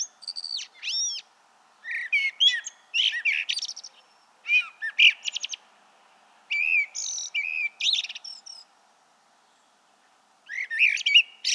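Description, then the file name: Common blackbird singing several fluty warbled phrases, each ending in thin squeaky twitters, separated by short pauses. "Turdus merula"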